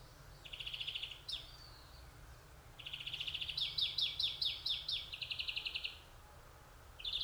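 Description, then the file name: European greenfinch with one trill and a quick upward twang, then a long run of linked trills shifting pitch, a final trill starting at the end. "Chloris chloris"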